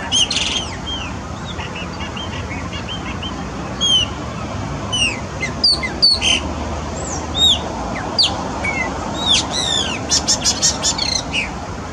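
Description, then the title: Chopi blackbird song with scattered whistled downslurs and chips that build toward a fast, dense burst of high notes near the end, low rumble beneath. "Passaro Preto"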